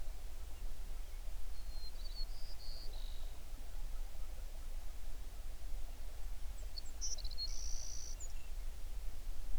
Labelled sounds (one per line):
songbird